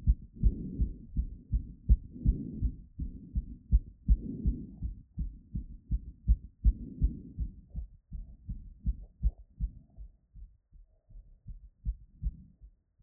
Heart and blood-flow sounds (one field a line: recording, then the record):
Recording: heart sounds by stethoscope after running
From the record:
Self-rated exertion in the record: moderate exertion (3 of 6)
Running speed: 5 mph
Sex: female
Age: 18 years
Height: 171 cm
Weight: 75 kg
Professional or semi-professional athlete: no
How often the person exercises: 1 to 2 times a week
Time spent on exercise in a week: under 1 hour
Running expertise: no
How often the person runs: 1 to 2 times a week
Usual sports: running, fencing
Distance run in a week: 3 km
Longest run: 21.3 km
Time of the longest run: 190 minutes